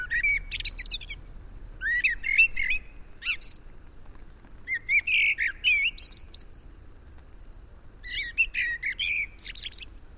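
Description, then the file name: Common blackbird song in several bursts: mellow warbles that turn into high chittering flourishes, with steady faint background hiss. "Turdus merula"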